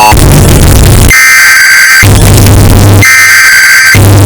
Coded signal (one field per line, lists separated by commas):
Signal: Emergency Alert System (SAME) tones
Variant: header bursts